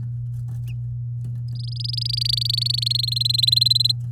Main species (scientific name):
Serinus canaria